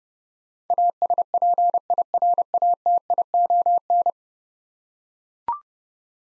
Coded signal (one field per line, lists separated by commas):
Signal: Morse code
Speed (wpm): 30 wpm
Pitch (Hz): 700 Hz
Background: none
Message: ASPIRATION